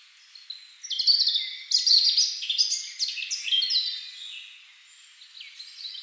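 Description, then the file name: European robin song, a run of high, thin warbled phrases with quick trills and sliding whistles, pausing briefly before a softer trailing phrase near the end. "Erithacus rubecula"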